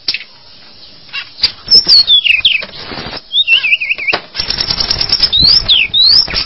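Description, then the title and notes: Bird giving long descending whistled sweeps and a wavering trill, surrounded by sharp rapid clicking and rattle-like bursts. "Bird Sound. Kicau Burung Lengkap"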